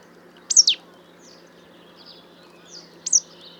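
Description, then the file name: Marsh tit calls: a sharp, high two-part note, then faint thin notes, and a second sharp call about two and a half seconds later. "Poecile palustris"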